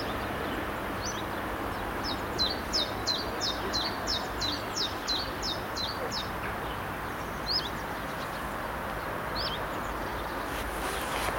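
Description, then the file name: Common chiffchaff song, a single high note, then a run of about a dozen high, sharply down-slurred notes alternating in pitch, followed by two isolated single notes, against soft background noise. "zilpzalp"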